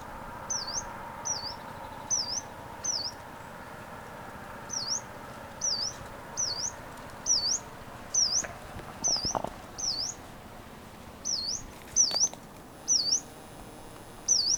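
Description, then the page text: Yellow-browed warbler repeating a high, wheezy whistle that dips then rises, about once a second, with two short pauses and a few faint clicks and taps. "Frank Lambert - Пеночка-зарничка (Phylloscopus inornatus)"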